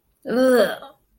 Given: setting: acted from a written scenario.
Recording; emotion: vocal sound without words; disgust